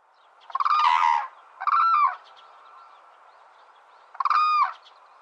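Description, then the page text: Hooded crane calling, three bugling honks: two close together, then one more after a two-second pause. "흑두루미(Hooded Crane) 接寫"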